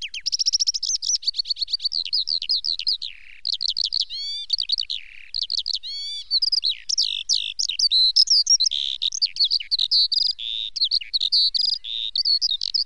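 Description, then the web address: Eurasian skylark singing a continuous, high, rapid warble of trills, chirps and buzzy notes, pouring out without pause. Recorded in spring 2016. "2016 madarhang mezei pacsirta"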